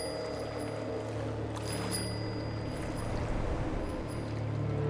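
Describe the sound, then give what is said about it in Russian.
Water sloshes and splashes as a woman and a boy climb out of the water onto the shore, a steady churning with a few sharper splashes midway, over a low continuous hum. No one speaks. “Мэлори и мальчик выбираются из воды на берег.”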